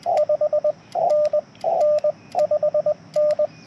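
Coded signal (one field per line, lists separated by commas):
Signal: Morse code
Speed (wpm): 17 wpm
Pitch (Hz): 590 Hz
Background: radio noise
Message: 5NN 5N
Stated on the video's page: CW POTA park activation on a backpack Yaesu FT-891 with a 17 ft vertical antenna and BaMaKeY TP-III key; steady stream of 35 contacts in 40 minutes.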